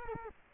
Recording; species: mosquito wingbeat signal from an infrared sensor; Culex quinquefasciatus